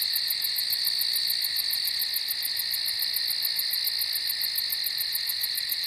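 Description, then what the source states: Crickets chirping in a dense, steady chorus, a continuous high shrill with a fast pulsing trill on top, unbroken throughout. Crickets at night on a farm.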